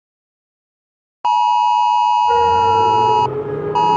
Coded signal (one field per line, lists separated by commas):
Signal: Emergency Alert System (SAME) tones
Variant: 853 and 960 Hz attention tone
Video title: The Legendary Being|An original EAS Scenario